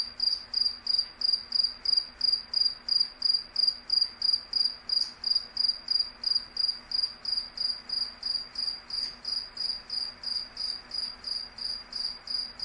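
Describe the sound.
Cricket calling with a rapid, regular series of high chirps.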